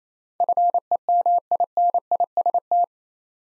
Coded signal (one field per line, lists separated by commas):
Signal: Morse code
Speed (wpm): 29 wpm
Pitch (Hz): 700 Hz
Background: none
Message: FEMINIST